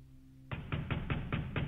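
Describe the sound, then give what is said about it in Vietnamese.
Heavy pounding on a door, six loud thuds in a steady rhythm, each a deep booming hit with a rattling edge, after a brief quiet hum. “Thế nhưng không nhìn thấy người thì lại nghe tiếng đập cửa.”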